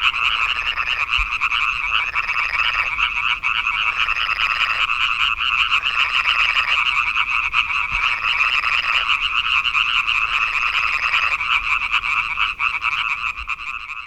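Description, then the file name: European tree frog chorus, dense rapid pulsed croaking heard continuously, many calls overlapping in a steady rattling din throughout. "Hyla arborea"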